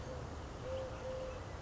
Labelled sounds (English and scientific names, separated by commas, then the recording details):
Eurasian Collared Dove (Streptopelia decaocto)
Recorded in Sonoma County, California